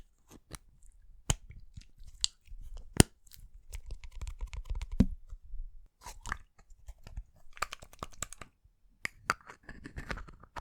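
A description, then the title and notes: Slime squished against a microphone, with sticky crackles and sharp clicking pops scattered irregularly across the clip. Loud snaps land near the start and around three seconds, while denser wet crackling and low squelching rumbles fill the middle and the last few seconds. ASMR SLIME ON THE MICROPHONE (SUPER TINGLY).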